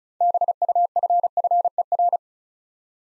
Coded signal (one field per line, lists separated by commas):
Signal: Morse code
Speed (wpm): 36 wpm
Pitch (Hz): 700 Hz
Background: none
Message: BUFFER